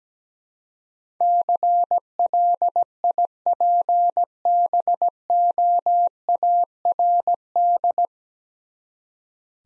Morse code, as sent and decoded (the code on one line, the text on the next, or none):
-.-. .-.. .. .--. -... --- .- .-. -..
CLIPBOARD